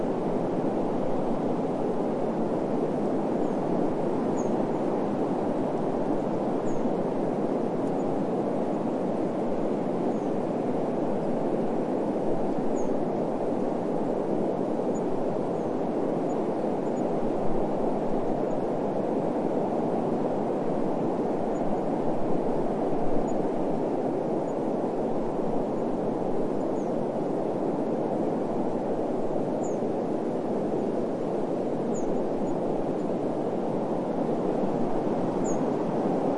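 A steady cool wind blows without letup, a dense low rush with leaves rustling faintly and tiny bright ticks scattered high above.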